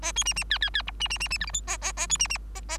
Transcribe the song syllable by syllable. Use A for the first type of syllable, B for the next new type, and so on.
A B C C D D D E C C C C F G H A A A B C C A A